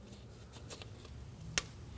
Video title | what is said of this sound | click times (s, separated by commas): How to Replace Thermostat with Housing Assembly 2011-2016 Kia Optima 2.4L L4 | Make sure you hear a click. | 1.6 s